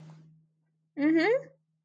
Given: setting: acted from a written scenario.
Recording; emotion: vocal sound without words; pride